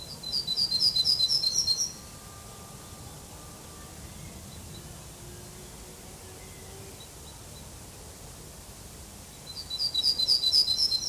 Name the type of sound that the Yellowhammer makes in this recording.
song